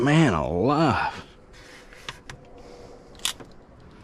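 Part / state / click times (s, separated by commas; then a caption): unnamed part (likely connector or clip) on a car / seated / 3.2 s. Someone talks briefly while working on a 2008 Ford Crown Victoria, fitting a part, likely a connector or clip, that had been resisting. After two faint ticks around 2.1 and 2.3 seconds, a sharp click at 3.3 seconds marks the part locking into place.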